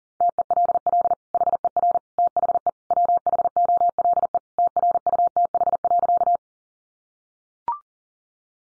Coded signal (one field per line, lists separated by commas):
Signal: Morse code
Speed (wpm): 40 wpm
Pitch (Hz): 700 Hz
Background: none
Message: TELL HER THE WHOLE TRUTH.